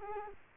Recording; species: mosquito wingbeat signal from an infrared sensor; Culex quinquefasciatus